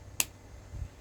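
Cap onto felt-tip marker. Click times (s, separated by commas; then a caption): 0.2 s. A plastic cap is pushed back onto a felt-tip marker and closes with a single sharp click at 0.2 s, followed by a faint low rumble near 0.8 s. The click means the marker is capped tightly.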